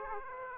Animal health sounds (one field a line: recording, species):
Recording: mosquito wingbeat signal from an infrared sensor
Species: Aedes aegypti